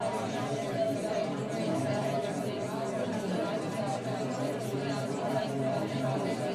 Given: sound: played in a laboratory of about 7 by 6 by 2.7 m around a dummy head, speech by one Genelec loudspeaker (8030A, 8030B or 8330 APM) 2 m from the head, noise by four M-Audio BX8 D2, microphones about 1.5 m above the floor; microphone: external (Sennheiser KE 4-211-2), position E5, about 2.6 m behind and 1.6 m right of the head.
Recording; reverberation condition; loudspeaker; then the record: babble noise; low; four, about 170 cm from the corners of the room and facing them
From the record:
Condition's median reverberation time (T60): about 310 ms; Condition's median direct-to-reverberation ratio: about 3.5 dB